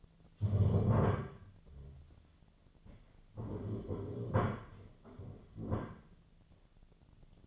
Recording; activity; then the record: daily activity, microphone in the room; stand up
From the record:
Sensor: 4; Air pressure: 1008.8 hPa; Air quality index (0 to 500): 171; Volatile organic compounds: 5 ppm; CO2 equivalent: 1717 ppm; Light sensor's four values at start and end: 23/73/28/26 and 23/73/28/26